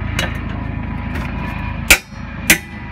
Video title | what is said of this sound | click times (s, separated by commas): 2017 Honda Pilot Trailer Hitch Install | it you're that click that means you're 240 pounds of torque okay | 1.9 s, 2.5 s